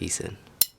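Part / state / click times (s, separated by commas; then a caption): firing pin retaining plate into pistol slide / seated / 0.6 s. A firing pin retaining plate is pushed into the slide of a CZ-75 SP-01 Shadow pistol while the firing pin is held down, as someone talks briefly. At 0.6 s it pops into place with one sharp, bright metallic snap, and the plate is seated.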